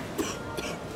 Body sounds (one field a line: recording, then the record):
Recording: coughing mixed with background sound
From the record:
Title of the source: 31 night wet cough